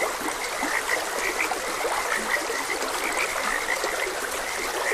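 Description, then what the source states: Croaking frogs repeat bright, clipped notes in quick succession, backed by the constant wash of flowing water. Frogs croaking beside a gentle stream.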